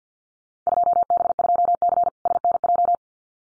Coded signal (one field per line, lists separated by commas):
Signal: Morse code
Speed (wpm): 50 wpm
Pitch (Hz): 700 Hz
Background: none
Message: 2B2C SNJ